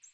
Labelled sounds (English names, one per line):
American Redstart flight call